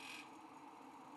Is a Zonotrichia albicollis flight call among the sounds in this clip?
no